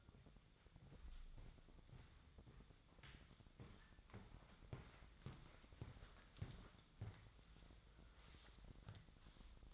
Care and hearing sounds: daily activity, microphone in the room; walk to room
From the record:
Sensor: 3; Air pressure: 999.4 hPa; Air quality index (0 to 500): 196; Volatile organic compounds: 43 ppm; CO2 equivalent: 3194 ppm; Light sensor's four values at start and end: 8/19/8/7 and 5/11/5/5

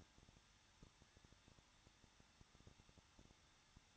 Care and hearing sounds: daily activity, microphone in the room; no activity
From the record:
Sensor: 3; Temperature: 21.2 degrees Celsius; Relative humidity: 36.4%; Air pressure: 1006.2 hPa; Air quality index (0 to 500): 222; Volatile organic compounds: 41 ppm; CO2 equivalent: 3171 ppm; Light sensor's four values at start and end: 2/3/2/2 and 2/3/2/2

